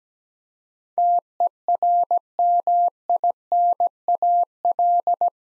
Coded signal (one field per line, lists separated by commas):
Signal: Morse code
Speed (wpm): 17 wpm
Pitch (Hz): 700 Hz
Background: none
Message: TERMINAL